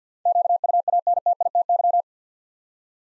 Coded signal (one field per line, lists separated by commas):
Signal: Morse code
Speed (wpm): 46 wpm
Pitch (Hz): 700 Hz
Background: none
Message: QUANTITY